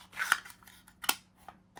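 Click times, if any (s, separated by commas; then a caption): 0.3 s, 1.1 s. Plastic lids are pressed onto small diamond-painting storage trays, and each snaps into place with a sharp click at 0.3 s and 1.1 s. Softer plastic taps and rattles are heard in between and after the clicks.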